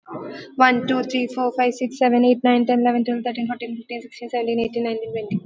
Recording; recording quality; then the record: counting at a fast pace; moderate, slight background noise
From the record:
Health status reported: recovered from COVID-19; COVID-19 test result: negative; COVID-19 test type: RT-PCR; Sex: female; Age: 29 years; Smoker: no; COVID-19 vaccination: both doses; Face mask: worn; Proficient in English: yes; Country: India